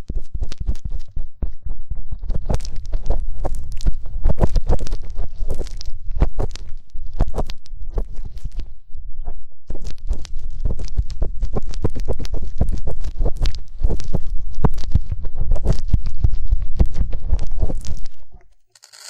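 Ear cleaning massage with dense, rough rubbing and crackling that fills nearly the whole clip, a constant stream of quick irregular scratches over a heavy low rumble. The sound stays loud and busy, then drops away abruptly near the end.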